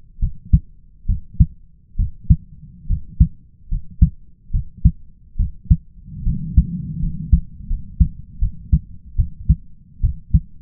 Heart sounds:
heart sounds by stethoscope; 73 bpm
0.19 s: heartbeat
1.06 s: heartbeat
1.96 s: heartbeat
2.87 s: heartbeat
3.68 s: heartbeat
4.51 s: heartbeat
5.37 s: heartbeat
6.23 s: heartbeat
6.99 s: heartbeat
7.67 s: heartbeat
8.39 s: heartbeat
9.16 s: heartbeat
10.01 s: heartbeat
From the record:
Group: healthy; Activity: rest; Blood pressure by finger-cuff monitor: 133/78 mmHg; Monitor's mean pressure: 91 mmHg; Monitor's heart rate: 73 bpm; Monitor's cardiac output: 5.2 L/min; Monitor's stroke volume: 74 mL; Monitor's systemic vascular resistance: 1260 dyn s/cm5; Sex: male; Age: 20 years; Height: 167 cm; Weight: 61 kg

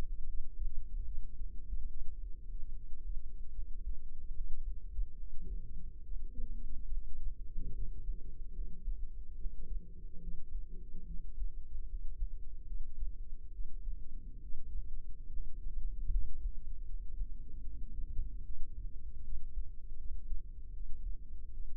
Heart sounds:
heart sounds by microphone in the left ear; 73 bpm
0.26 s: heartbeat
1.05 s: heartbeat
1.88 s: heartbeat
2.72 s: heartbeat
3.52 s: heartbeat
4.32 s: heartbeat
5.15 s: heartbeat
6.02 s: heartbeat
6.90 s: heartbeat
7.73 s: heartbeat
8.53 s: heartbeat
9.35 s: heartbeat
10.19 s: heartbeat
11.05 s: heartbeat
11.86 s: heartbeat
12.66 s: heartbeat
13.51 s: heartbeat
14.41 s: heartbeat
15.30 s: heartbeat
16.09 s: heartbeat
16.85 s: heartbeat
17.62 s: heartbeat
18.43 s: heartbeat
19.22 s: heartbeat
19.96 s: heartbeat
20.71 s: heartbeat
21.51 s: heartbeat
From the record:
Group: healthy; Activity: cold pressor test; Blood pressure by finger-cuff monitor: 102/51 mmHg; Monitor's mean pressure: 71 mmHg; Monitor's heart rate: 74 bpm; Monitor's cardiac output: 7.8 L/min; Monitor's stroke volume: 106 mL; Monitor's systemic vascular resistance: 650 dyn s/cm5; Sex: female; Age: 22 years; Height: 160 cm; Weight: 63 kg

